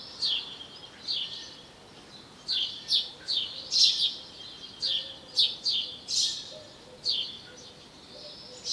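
House sparrow giving a busy run of sharp, bright chirps, irregularly spaced and sometimes doubled, continuing through the recording with one brief pause.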